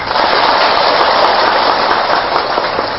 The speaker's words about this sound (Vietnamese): Nên vì cái lý do đó mà thôi, chúng ta xin tán thán chung một tràng pháo tay.